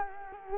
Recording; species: mosquito wingbeat signal from an infrared sensor; Culex quinquefasciatus